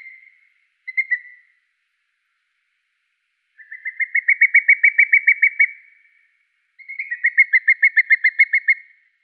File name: Booted Eagle